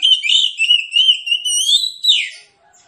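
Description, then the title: Oriental magpie-robin song: a long, loud whistled phrase held high with slight wavering, then a sharp falling note at the end. Magpie-robin (kacer) singing in a fighting style, full of loud bursts ('tembakan'), meant to provoke rivals to fight; also offered as therapy for birds reluctant to sing. "Kacer Langsung Tarung Konslet KACER NGOTOT FULL TEMBAKAN. Kicau Kacer santaiterapi Kacer males bunyi"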